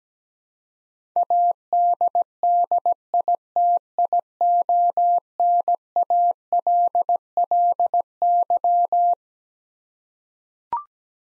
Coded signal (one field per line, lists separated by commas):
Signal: Morse code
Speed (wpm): 17 wpm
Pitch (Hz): 700 Hz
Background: none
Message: ADDITIONALLY